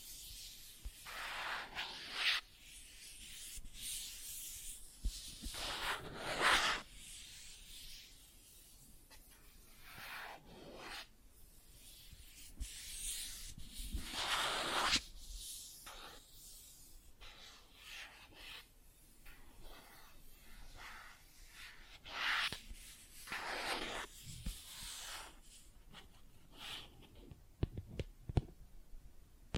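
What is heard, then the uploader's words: Plastic objects are scratched and rubbed, making dry, bright rasping strokes in irregular bursts, the strongest around 2, 6, 15, 22 and 24 seconds. Between them come lighter scrapes and a few sharp taps, clustering near the end. ASMR Plastic Objects Tapping and Scratching (No Talking).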